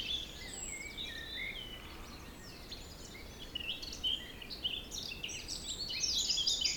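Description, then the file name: Mixed bird chorus: sliding whistles and short warbled phrases early on, then louder twittering and chattering toward the end, over gentle wind. Forest in spring, windy (3 Beaufort), recorded at 1 pm. "Forest Spring Birds Windy 3 bft 1 pm"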